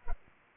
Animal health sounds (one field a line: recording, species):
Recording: mosquito wingbeat signal from an infrared sensor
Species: Culex pipiens